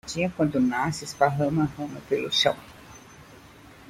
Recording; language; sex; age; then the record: short text; Brazilian Portuguese; female; 60 to 69 years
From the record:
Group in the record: control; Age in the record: 68 years